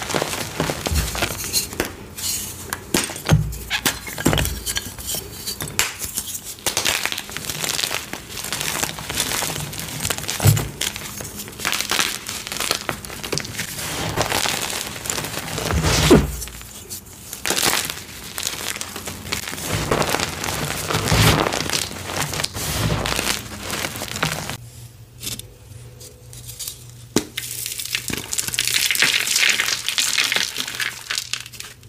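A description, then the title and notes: Gym chalk being crushed: a dense, gritty crunching and crinkling that runs almost without pause, with sharp louder snaps scattered throughout, around 2, 10, 16 and 27 seconds. A low steady hum sits underneath, and the last stretch turns softer and hissier. A series of short gym chalk crushing videos.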